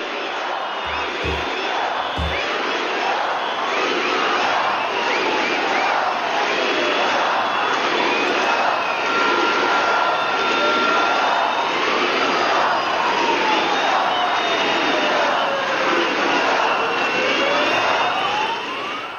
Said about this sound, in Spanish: Se mantiene el inconformismo por la forma como se llevaron las cosas, y vamos justamente a compartirles el grito unánime que se ha escuchado este fin de semana en Valencia.